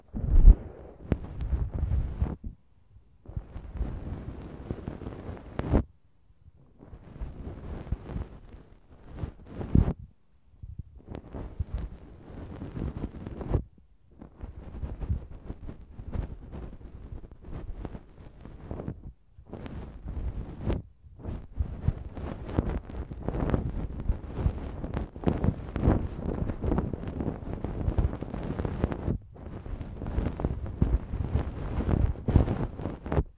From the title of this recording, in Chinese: 鹅毛棒耳骚